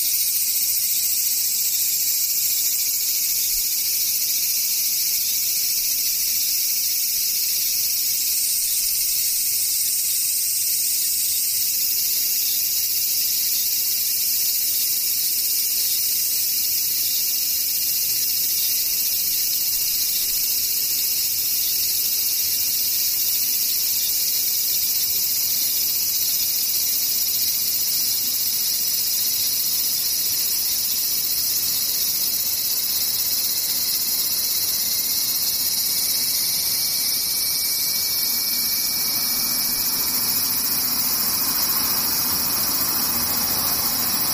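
Insects trill in a dense, steady high-pitched chorus throughout, with a faint low rumble rising slightly near the end.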